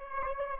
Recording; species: mosquito wingbeat signal from an infrared sensor; Aedes aegypti